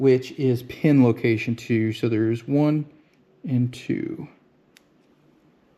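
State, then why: Not seated. Someone talks while handling a crimped terminal pin on the red wire, about to push it into cavity 2 of the plastic connector housing of a wiring harness for aux switches on a 2019+ Ram 2500/3500. After the talking stops, only a faint short tick is heard near 4.8 s in quiet. Nothing has seated or clicked yet.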